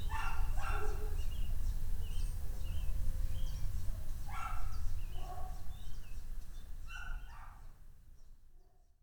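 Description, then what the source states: Dog barking in short irregular bursts that fade toward the end, with faint bird chirps and low rumble. Dogs barking on the Escalera Morrison stairway, Valparaíso; recorded with a Tascam DR-100mk II.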